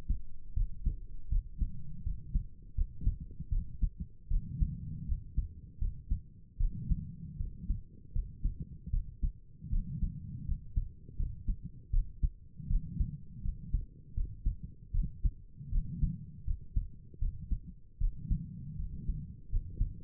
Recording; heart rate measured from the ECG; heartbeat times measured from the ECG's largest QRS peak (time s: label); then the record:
heart sounds by stethoscope; 79 bpm
0.55 s: heartbeat
1.30 s: heartbeat
2.04 s: heartbeat
2.76 s: heartbeat
3.51 s: heartbeat
4.29 s: heartbeat
5.07 s: heartbeat
5.80 s: heartbeat
6.59 s: heartbeat
7.38 s: heartbeat
8.14 s: heartbeat
8.92 s: heartbeat
9.71 s: heartbeat
10.46 s: heartbeat
11.18 s: heartbeat
11.92 s: heartbeat
12.69 s: heartbeat
13.43 s: heartbeat
14.15 s: heartbeat
14.93 s: heartbeat
15.71 s: heartbeat
16.46 s: heartbeat
17.20 s: heartbeat
18.00 s: heartbeat
18.78 s: heartbeat
19.51 s: heartbeat
From the record:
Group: healthy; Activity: cold pressor test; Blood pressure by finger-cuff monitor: 86/55 mmHg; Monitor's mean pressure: 63 mmHg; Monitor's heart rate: 79 bpm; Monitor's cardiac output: 6.2 L/min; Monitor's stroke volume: 78 mL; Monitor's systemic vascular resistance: 730 dyn s/cm5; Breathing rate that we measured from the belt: 21 breaths a minute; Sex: female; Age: 22 years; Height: 163 cm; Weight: 67.1 kg